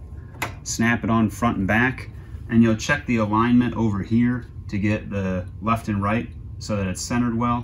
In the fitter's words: how these clip-ons will work so you'll put it right about here snap